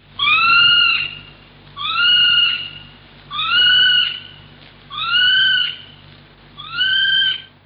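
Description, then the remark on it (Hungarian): Nocturnal call of a flightless New Zealand bird: five loud, shrill, drawn-out whistles, each slightly rising, repeated at a steady pace over a faint low hum. “A jellegzetes éjszakai hívó hangját most fogják hallani.”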